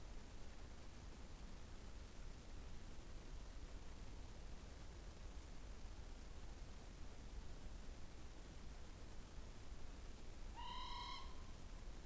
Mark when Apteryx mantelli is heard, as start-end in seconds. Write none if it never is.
none